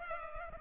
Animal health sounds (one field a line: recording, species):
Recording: mosquito wingbeat signal from an infrared sensor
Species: Culex pipiens